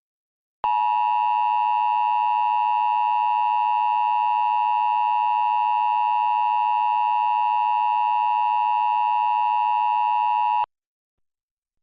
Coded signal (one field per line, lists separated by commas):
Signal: Emergency Alert System (SAME) tones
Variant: 853 and 960 Hz attention tone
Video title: EAS Mock 9: Translate Trouble